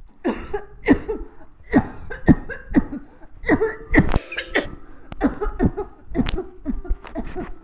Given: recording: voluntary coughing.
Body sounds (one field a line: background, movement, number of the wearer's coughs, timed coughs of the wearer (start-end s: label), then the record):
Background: music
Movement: walking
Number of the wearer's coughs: 13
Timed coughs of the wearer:
0.23-0.72 s: cough
0.84-1.25 s: cough
1.70-1.99 s: cough
2.25-2.67 s: cough
2.72-3.07 s: cough
3.45-3.89 s: cough
3.91-4.46 s: cough
4.52-4.79 s: cough
5.19-5.52 s: cough
5.58-5.99 s: cough
6.11-6.48 s: cough
6.53-7.04 s: cough
7.15-7.46 s: cough
From the record:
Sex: female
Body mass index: 21.8 kg/m2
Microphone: on the chest, facing the body